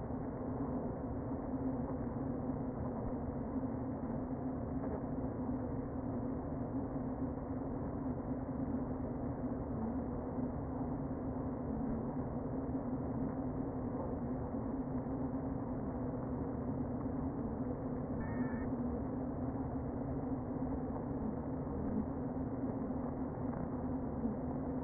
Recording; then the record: honeybee colony, microphone inside the hive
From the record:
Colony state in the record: queen present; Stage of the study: before two queens were removed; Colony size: about 60,000 bees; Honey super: yes